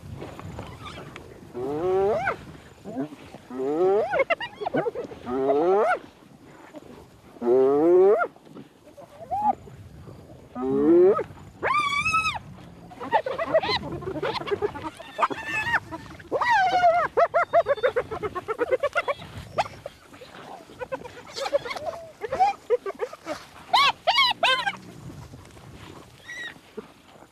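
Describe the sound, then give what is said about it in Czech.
Several hyenas crowded over a kill growl, whoop and squeal over one another while feeding, snapping at each other, in a loud, overlapping chorus, with rising wavering calls and harsh snarls coming in bursts for the whole stretch. “Vrčí, vyjí, protestují, taky po sobě chňapají, ale nikdy se nekousnou.”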